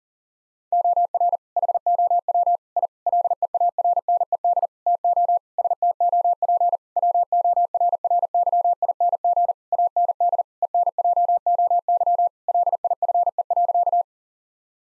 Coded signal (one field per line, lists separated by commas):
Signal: Morse code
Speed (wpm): 40 wpm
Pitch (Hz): 700 Hz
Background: none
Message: OR HOW I LEARNED TO STOP WORRYING AND ENJOY LIFE.